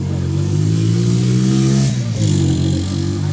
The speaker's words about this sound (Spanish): ahí va una moto.